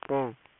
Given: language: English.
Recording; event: throat vibration sensor signal played as sound; speech